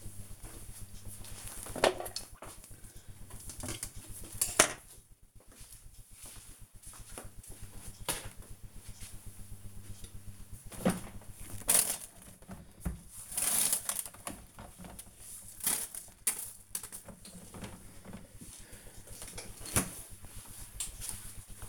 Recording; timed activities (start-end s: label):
household activities, microphone on the right wrist
none